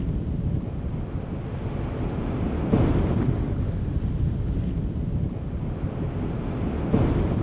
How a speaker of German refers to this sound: Nach 10 Kilometern Zickzackfahrt durch die schwärzlichen Ruinen geraten wir an eine Steilwand. So hoch, dass die Brandung des Ozeans unter uns nur noch als schwaches Rauschen heraufdringt.